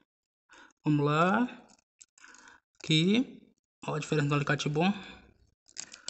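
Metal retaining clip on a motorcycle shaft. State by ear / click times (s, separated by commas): not seated / none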